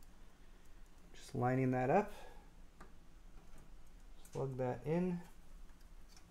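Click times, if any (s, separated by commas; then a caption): none. A power supply cable connector is lined up with its socket on the motherboard or a component while someone talks, with faint handling ticks around 0.0 s and 2.8 s. The connector is handled but not yet pushed home, so nothing has seated or clicked yet.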